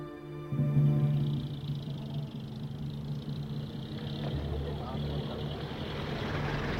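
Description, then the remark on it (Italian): British bomber aircraft engines drone steadily in a deep, continuous hum with layered harmonic tones, rising slightly in loudness early on and holding a constant pitch for several seconds, during bombing raids on Germany in the Second World War. “L'aviazione inglese intensifica i bombardamenti sulla Germania.”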